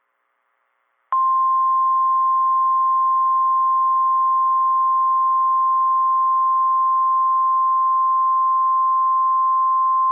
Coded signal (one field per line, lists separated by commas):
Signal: Emergency Alert System (SAME) tones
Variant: 1050 Hz attention tone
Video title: MARCH MADNESS - EAS Alerts from 3/15-16/26 (EAS #701 - #725)